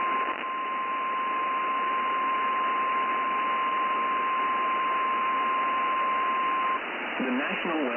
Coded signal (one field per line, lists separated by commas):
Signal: Emergency Alert System (SAME) tones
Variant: 1050 Hz attention tone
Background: speech